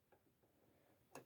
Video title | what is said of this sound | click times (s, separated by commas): Bird Feeder with Camera - Smart Bird Feeder AI Recognize Bird Species | If you press it again, it pops out. | 1.2 s